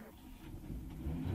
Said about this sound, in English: Is it a train or a car? It's a car. Very good. Listen. This is a car. It's a big car.